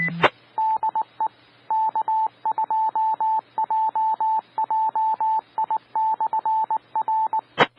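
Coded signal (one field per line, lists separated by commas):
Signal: Morse code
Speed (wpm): 19 wpm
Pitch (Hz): 880 Hz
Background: radio noise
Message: DE K2JJI/R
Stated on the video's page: Morse ident from a Fulton County repeater on 146.700 MHz.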